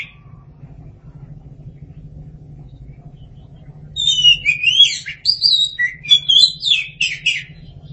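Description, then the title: Oriental magpie-robin song beginning after quiet low hum: a rich run of fluting whistles, slurred rising and falling notes mixed with scratchy chatter. "Suara Kicauan Burung Kacer"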